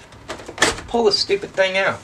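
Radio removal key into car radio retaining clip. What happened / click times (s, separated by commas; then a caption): The metal key clicked into its latch / 0.6 s. A second metal removal key is slid into the other slot of a 2003 Dodge Sprinter radio and clicks into the radio's retaining clip, with a short, sharp click at 0.6 s. Someone talks over it afterwards. The key is seated in the latch, ready for the radio to be pulled out.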